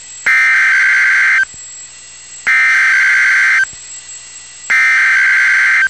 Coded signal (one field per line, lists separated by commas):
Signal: Emergency Alert System (SAME) tones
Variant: header bursts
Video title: Real NOAA Weather Radio EAS Alert #109